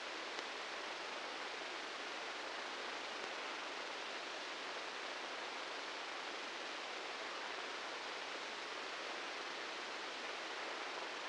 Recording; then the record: brain microelectrode recording played as sound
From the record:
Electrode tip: outside the subthalamic nucleus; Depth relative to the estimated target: -4 mm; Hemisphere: right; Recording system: NeuroSet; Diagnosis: Parkinson's disease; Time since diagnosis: 19 years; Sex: female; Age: 69 years